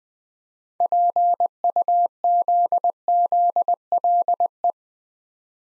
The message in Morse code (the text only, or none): PUZZLE